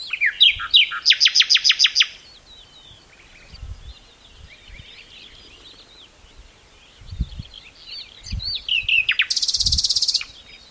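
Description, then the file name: Common nightingale delivering a rapid string of loud repeated notes, a quieter varied interlude, then a second harsh rattling burst near the end, with low bumps below. "Luscinia megarhynchos"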